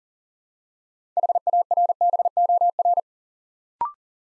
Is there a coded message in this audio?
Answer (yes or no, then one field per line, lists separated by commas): yes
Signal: Morse code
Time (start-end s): 1.2-3.0 s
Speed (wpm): 38 wpm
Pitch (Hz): 700 Hz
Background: none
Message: HARBOR